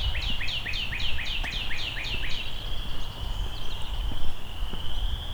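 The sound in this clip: Northern cardinal song: a rapid series of about ten clear downslurred whistles, then a long steady high tone, over low rumbling noise.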